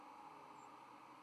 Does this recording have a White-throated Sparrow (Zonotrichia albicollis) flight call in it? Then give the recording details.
no. Another species' flight call is heard. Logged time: 04:44 on 31 October 2014